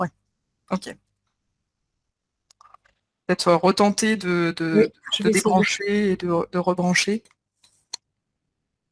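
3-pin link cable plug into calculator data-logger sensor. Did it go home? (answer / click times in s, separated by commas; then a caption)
yes / 7.9 s. A 3-pin link cable plug between a calculator and a lab data-logger sensor is unplugged and plugged back in to fix a communication problem, while someone talks. A few faint ticks come around 2.5 to 2.9 s. A sharp click at 7.9 s marks the plug seating into the sensor.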